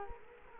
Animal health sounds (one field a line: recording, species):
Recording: mosquito wingbeat signal from an infrared sensor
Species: Culex quinquefasciatus